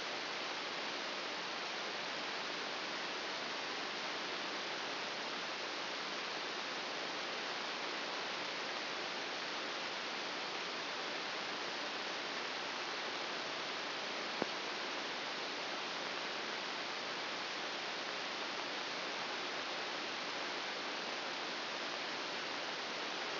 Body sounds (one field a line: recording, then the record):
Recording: brain microelectrode recording played as sound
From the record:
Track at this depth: inside the subthalamic nucleus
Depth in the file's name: 0.606 mm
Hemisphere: right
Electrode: 2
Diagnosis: Parkinson's disease